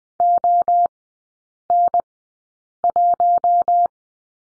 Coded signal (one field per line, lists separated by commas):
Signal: Morse code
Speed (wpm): 19 wpm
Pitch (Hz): 700 Hz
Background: none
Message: ON1